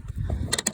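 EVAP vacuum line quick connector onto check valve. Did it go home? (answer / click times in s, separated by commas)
yes / 0.5 s, 0.7 s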